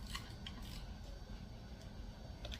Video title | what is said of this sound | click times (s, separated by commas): 4.7 Chrysler part 5 #engine #dodge #engine #educational #interesting | click you hear that | 2.5 s